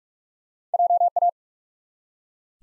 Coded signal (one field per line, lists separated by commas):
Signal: Morse code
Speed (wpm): 44 wpm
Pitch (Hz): 700 Hz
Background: none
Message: JA